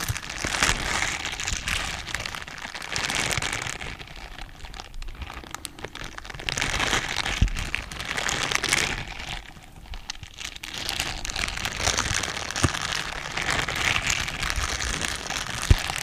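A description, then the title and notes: Scrubber gloves rub in dense, continuous rough crinkling strokes, swelling and easing every few seconds. SCRUBBER GLOVES. Kratzige Geräusche des Scrubbers.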